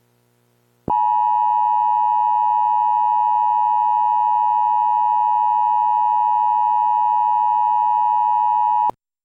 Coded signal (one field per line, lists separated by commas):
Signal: Emergency Alert System (SAME) tones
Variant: 853 and 960 Hz attention tone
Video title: EAS Scenario #1: Silent Phantoms-Part 1